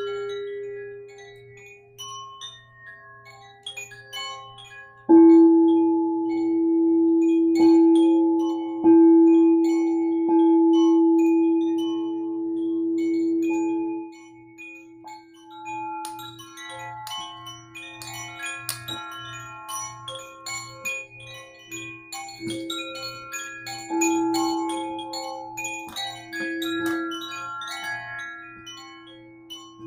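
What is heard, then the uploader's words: A sound bowl rings out in long, sustained tones, with a louder, swelling strike near five seconds that hums steadily until about fourteen seconds. After that, wind chimes take over with a dense, bright scatter of tinkling notes, while a low bowl tone keeps sounding beneath. Sound bath meditation specifically using my sound bowl and wind chimes.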